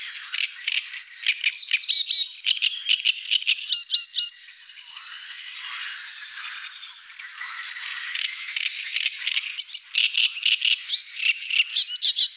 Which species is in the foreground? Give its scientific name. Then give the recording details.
Acrocephalus arundinaceus. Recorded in the wild. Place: Nagyivan / Hortobagy, HU. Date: 1988-05-06. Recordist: Schwarz, Dieter